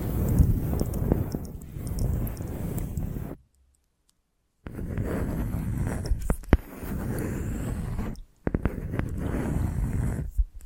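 Tapping and scratching, a dense rustling texture of small clicks and rubs, mostly low and full with scattered bright ticks. The sound runs in stretches broken by a full silence from about 3.3 to 4.7 seconds and brief pauses near 8.3 and 10.5 seconds, with a few sharper taps standing out.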